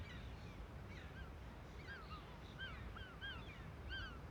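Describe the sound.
Gulls giving alarm calls, several birds with short downslurred yelping notes overlapping, over a steady low rumble.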